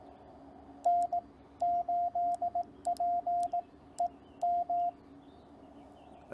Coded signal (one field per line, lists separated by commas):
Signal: Morse code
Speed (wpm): 18 wpm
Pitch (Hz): 700 Hz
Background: radio noise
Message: N8PEM